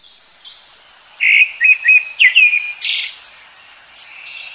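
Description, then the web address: Bird calls: a quick burst of sharp chirps and a downward-slurred note, followed by a rougher note and softer scratchy sounds over faint hiss. Recorded in Higashiosaka. "higashiosaka bird koe"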